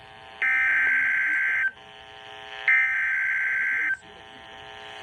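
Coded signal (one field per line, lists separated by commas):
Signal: Emergency Alert System (SAME) tones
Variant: header bursts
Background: speech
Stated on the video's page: Severe thunderstorm warning received on NOAA weather radio.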